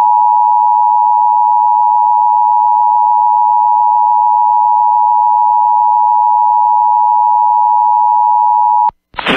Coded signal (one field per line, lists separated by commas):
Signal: Emergency Alert System (SAME) tones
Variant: 853 and 960 Hz attention tone